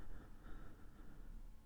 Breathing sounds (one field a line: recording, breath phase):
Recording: one breath near a microphone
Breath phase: exhalation